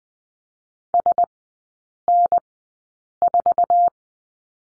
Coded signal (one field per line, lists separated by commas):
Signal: Morse code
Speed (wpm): 20 wpm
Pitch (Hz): 700 Hz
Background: none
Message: SN4